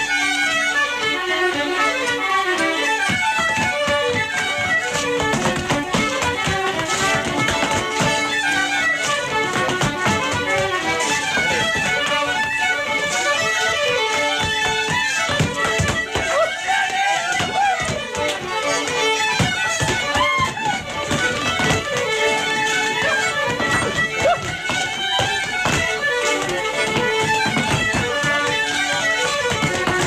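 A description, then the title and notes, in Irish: A crowd dances while many musicians play along, a dense, steady wash of lively melody with quick tapping beats running throughout. Ceol a thaifead Ciarán Mac Mathúna i dteach Martin Furey in Ard Raithin CO. Slua ag rince agus go leor ceoltóirí á dtionlacan.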